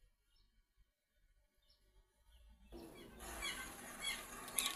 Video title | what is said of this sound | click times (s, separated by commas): Merakit Jupiter MX old sampai selesai | sampai benar-benar masuk di paritannya sampai bunyi klik. | 4.6 s